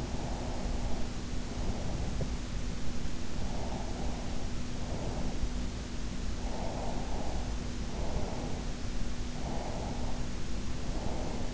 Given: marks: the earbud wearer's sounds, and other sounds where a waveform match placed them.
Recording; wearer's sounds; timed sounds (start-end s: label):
sounds in sleep by an in-ear microphone; breath
0.00-2.20 s: breath
3.34-5.34 s: breath
6.38-8.43 s: breath
9.38-11.54 s: breath